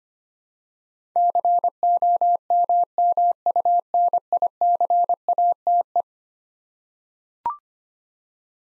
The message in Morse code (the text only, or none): COMMUNICATE